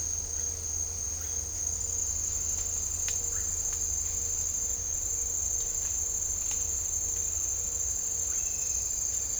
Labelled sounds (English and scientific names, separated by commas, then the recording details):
none
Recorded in dense forest near Puerto Asís, Putumayo, Colombia, on 20 December 2024 at 08:00
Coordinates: 0.499, -76.324
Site G045